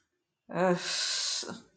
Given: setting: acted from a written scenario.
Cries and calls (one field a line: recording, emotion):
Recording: vocal sound without words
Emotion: contempt